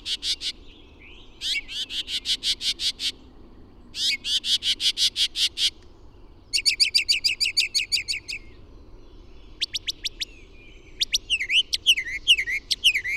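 Bird song: fast, dry trills of evenly repeated high notes in short bursts, ending with swooping notes.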